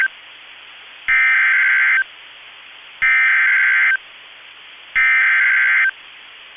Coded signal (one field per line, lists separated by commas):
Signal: Emergency Alert System (SAME) tones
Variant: header bursts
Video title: Two Severe Thunderstorm Warnings (EAS 2931 & 2932) 5/2/25